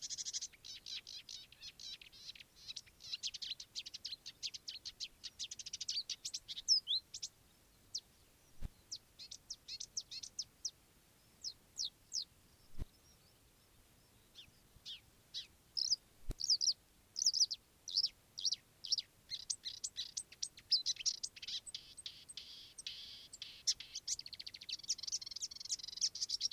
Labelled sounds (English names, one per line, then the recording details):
Marsh Warbler
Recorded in the wild
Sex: male
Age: adult
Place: Wiesenthau, Bayern, DE
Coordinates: 49.7128, 11.1353
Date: 1962-05-29
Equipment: Stellavox SM 5, Original, Vollspur
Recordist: Tretzel, Erwin